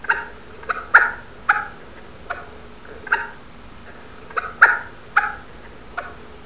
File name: Blaireau Glapissement